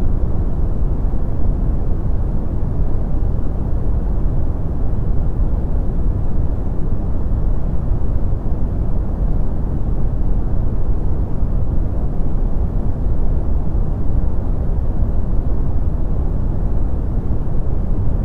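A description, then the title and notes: Brown noise fills the clip with a deep, steady rumble, heaviest in the lows and fading away toward the top with almost nothing bright. The level holds constant for all eighteen seconds, dense and unbroken, with no separate events or background sounds. Brown noise, characterized by its deep, rumbling sound that's lower in frequency than white or pink noise.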